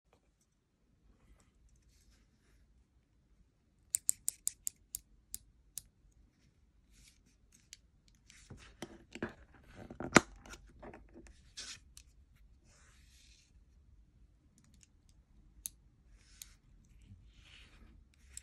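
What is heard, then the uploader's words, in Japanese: A utility knife blade is snapped off. First comes a quick run of sharp, bright clicks around four to six seconds. From about eight to twelve seconds there is a denser burst of scraping and cracking, with one loud snap near ten seconds. A few scattered ticks follow over a low, quiet hum. カッターの刃を折る。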